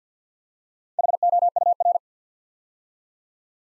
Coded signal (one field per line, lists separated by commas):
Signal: Morse code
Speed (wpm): 48 wpm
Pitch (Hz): 700 Hz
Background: none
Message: HOUR